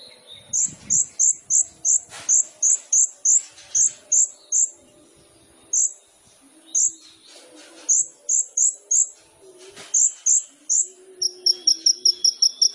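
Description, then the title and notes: Sunbird song of sharp, very high notes repeated about three times a second in runs, ending with a short, faster trill. Indonesian masteran training recording for songbirds; bird in full song (gacor), with full fills (isian) and showy bursts (tembakan), described as suitable as a lure (pancingan). "MASTERAN KOLIBRI NINJA TERBAIK FULL ISIAN DAN TEMBAKAN MEWAH COCOK BUAT PANCINGAN. Suara Burung Kolibri Ninja Gacor"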